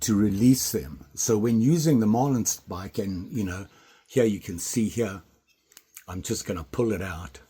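Someone talks while starting to pull the marlin spike blade out of a vintage pocket knife, with a few faint handling ticks around 5.7 to 6.0 seconds during a pause in speech. The clip ends before the blade locks open, so nothing has seated or clicked yet.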